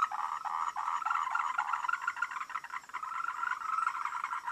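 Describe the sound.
Frog chorus of many overlapping rapid pulsed croaks, rising and falling in intensity, with a faint high whine in the background.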